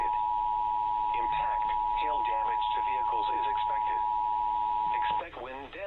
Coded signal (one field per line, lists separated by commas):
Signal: Emergency Alert System (SAME) tones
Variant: 853 and 960 Hz attention tone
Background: speech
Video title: NEW CRITERIA FOUND... EAS Alerts from 8/17/24 (EAS #4,787 - 4,821)